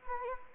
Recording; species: mosquito wingbeat signal from an infrared sensor; Anopheles arabiensis